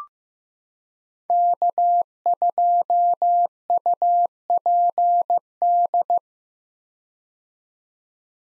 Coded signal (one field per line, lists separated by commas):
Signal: Morse code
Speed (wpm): 15 wpm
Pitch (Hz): 700 Hz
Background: none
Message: K2UPD